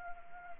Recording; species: mosquito wingbeat signal from an infrared sensor; Anopheles arabiensis